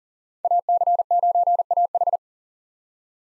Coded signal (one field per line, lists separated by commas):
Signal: Morse code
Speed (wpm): 40 wpm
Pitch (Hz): 700 Hz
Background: none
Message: AC9AH